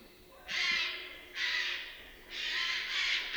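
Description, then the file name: Eurasian Jay calling with several drawn-out, hoarse screeches, each lasting under a second, following one another closely. "Garrulus glandarius"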